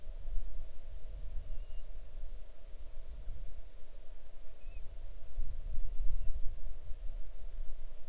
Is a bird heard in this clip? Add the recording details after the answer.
yes. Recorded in the Arctic National Wildlife Refuge, Alaska, on 6 July 2019 at 00:54. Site 39